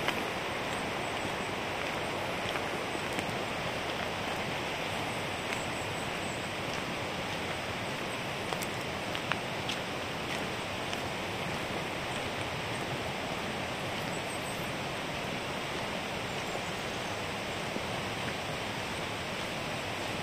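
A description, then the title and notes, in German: A small brook runs steadily, its dense, even rushing and gurgling filling the whole twenty seconds with no pauses. The level barely changes; only a few faint clicks and splashes poke out, around the middle and near fifteen seconds. Ambisonics Binauraler Spaziergang entlang eines kleinen Baches. Entspannende Naturklänge.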